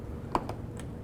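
A plastic push pin retainer is pressed through the underside of the bumper cover into the body of a 2006–10 Honda Civic during tail light replacement. It clicks in sharply at 0.4 s, followed by two softer click-like hits at 0.5 s and 0.8 s. The push pin is seated.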